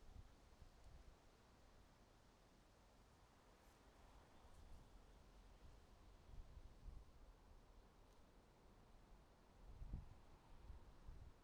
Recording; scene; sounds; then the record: everyday scene through a hearing-aid microphone; wind on the microphone; wind, traffic, birds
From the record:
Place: suburban garden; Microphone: in the ear canal, right